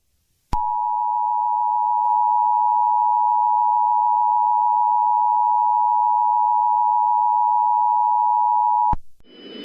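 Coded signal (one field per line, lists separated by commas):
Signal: Emergency Alert System (SAME) tones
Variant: 853 and 960 Hz attention tone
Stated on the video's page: Fictional Emergency Alert System scenario about extreme cold as Earth drifts away from the sun.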